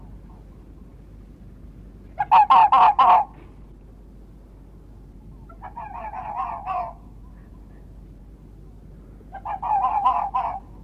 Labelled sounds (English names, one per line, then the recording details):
Red Fox barking
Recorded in the wild
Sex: male
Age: adult
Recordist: Meyer, Hugo